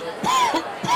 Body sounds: coughing mixed with background sound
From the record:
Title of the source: Dry Coughing Fit in the Afternoon.

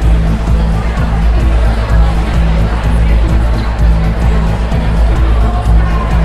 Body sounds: background sound without coughing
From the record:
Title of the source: Party Noise 1 Hour Party Ambience

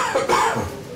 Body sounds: coughing mixed with background sound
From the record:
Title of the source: Spring Cold Coughing 2

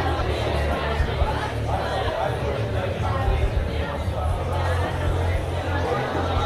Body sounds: background sound without coughing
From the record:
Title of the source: CITY SOUNDS Busy Bar in the Evening Night - 2 HOURS of Ambiance for Relaxation

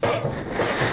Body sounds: coughing mixed with background sound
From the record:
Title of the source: Cough Around the Clock!

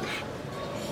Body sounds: coughing mixed with background sound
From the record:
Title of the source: 64 coughing, allergies, singing lungs

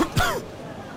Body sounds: coughing mixed with background sound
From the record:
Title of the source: Coughing 51

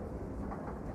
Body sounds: background sound without coughing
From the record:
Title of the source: Train Ride Ambience ambient white noise for sleeping, focus, studying, reading

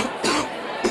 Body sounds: coughing mixed with background sound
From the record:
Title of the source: 61 morning phlegmy cough...again

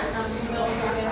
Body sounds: background sound without coughing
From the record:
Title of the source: 40 min - Ambience sounds UNIVERSITY lunchroom chatting

